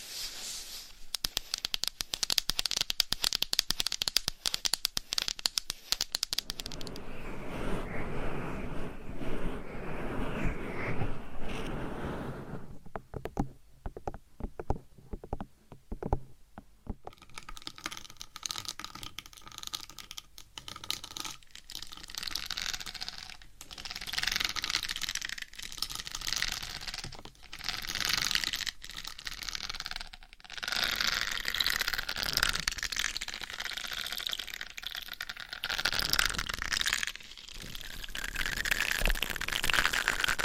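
Dense scratching and quick tapping run throughout, bright and crisp at first, duller between 7 and 12 seconds, sparse taps around 15, then busy again.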